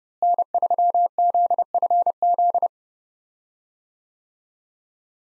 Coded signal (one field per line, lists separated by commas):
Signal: Morse code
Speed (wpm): 30 wpm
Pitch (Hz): 700 Hz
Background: none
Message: N3ZFZ